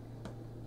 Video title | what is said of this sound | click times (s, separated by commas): Medela Symphony Unboxing - The New Mummy Company - (2020) | So that's the two clicks. | 0.2 s